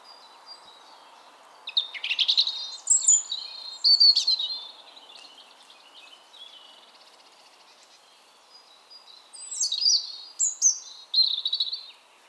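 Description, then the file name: European robin song: thin high trilled and warbled phrases in two bursts, a quiet gap between them, over a faint low hiss. "Erithacus rubecula"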